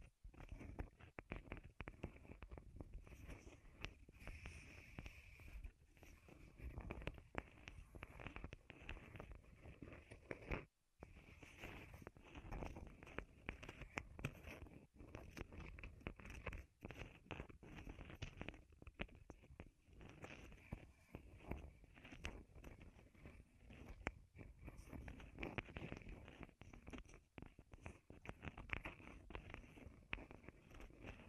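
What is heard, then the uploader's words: Wood triggers tapped and scratched in quick, dense bursts of crisp clicks and crackles, continuing steadily with a brief pause near eleven seconds. ASMR Wood Triggers in Your Ears (No Talking).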